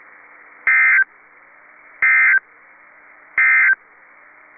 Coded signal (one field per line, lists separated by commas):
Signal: Emergency Alert System (SAME) tones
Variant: end-of-message bursts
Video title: EAS 1866 & 1867 (5/21 & 5/22/22)